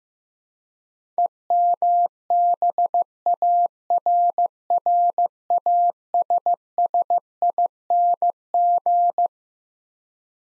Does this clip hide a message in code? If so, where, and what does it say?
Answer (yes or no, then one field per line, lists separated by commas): yes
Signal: Morse code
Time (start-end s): 1.2-9.3 s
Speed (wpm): 15 wpm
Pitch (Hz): 700 Hz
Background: none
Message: EMBARRASSING